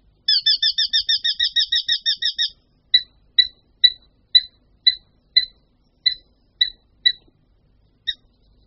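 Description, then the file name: Eurasian hobby calling with a rapid run of about a dozen sharp, ringing kew notes, then slower single notes spaced roughly half a second apart. "Ostříž-lesní"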